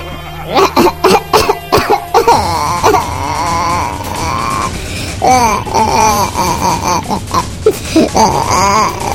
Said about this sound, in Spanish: Estoy llorando, pero no de sentimiento. No porque lo ame. Estoy llorando porque se llevó el televisor, se llevó el microondas, se llevó hasta la aspiradora